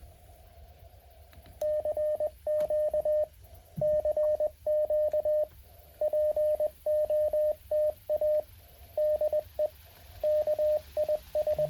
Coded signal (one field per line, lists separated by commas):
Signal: Morse code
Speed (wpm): 20 wpm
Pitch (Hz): 610 Hz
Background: radio noise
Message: CQ CQ POTA DE KIS